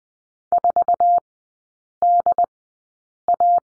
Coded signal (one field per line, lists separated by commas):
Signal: Morse code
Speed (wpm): 20 wpm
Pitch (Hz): 700 Hz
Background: none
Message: 4DA